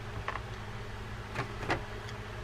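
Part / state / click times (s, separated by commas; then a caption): side plate with bearing onto spinning reel body / seated / 0.3 s, 0.4 s. The side plate of a classic Penn Spinfisher 750SS spinning reel, fitted with a new hybrid ceramic Boca bearing, is lined up over the greased shaft and pressed onto the reel body. It gives a tight double snap at 0.3 and 0.4 seconds, and the plate seats. Softer clicks and rustles follow against a low steady background hum.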